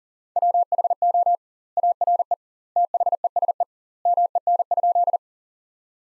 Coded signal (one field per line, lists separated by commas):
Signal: Morse code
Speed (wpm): 40 wpm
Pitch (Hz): 700 Hz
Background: none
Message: WHO ARE THESE MEN?